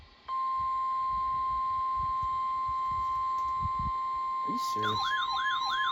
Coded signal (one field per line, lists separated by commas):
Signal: Emergency Alert System (SAME) tones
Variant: 1050 Hz attention tone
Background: speech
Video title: KDO89 Required Weekly Test. 5/14/25 EAS #395.